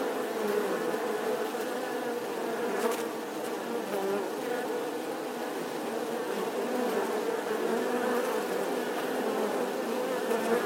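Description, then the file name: Dense wasp buzzing, a constant layered hum. Wasp swarm buzzing outside the nest. "Tieng bay ong vo ve ngoai to"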